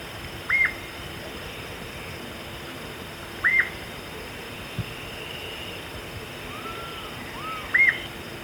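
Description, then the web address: Marañon thrush giving three arched whistled notes several seconds apart, each rising then falling. Softer, lower slurred notes appear near the end over steady background hiss. Recorded in Ecuador. "Natures Songs S America Birds of Ecuador Marañon Thrush"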